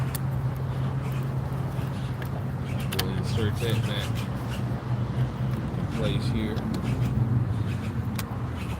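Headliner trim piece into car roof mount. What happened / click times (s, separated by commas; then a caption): The trim piece is being handled but has not yet snapped home / none. A black stretch suede-wrapped headliner trim piece for a 2006 BMW 330i is handled at its mount in the car roof while someone talks over a steady low hum. Brief sharp taps come at about 2.9, 3.0 and 8.2 seconds. Nothing has seated or clicked yet; the piece is not yet snapped in place.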